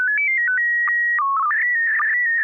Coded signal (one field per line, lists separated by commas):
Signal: SSTV (slow-scan television)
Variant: PD 120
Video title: N6NA SSTV Net - 01/07/2026